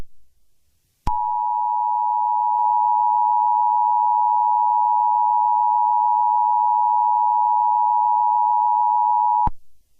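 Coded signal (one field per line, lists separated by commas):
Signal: Emergency Alert System (SAME) tones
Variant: 853 and 960 Hz attention tone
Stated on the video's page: Fictional EAS scenario; simulated.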